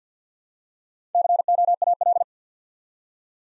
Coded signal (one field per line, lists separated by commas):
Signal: Morse code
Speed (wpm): 54 wpm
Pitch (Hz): 700 Hz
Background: none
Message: COAL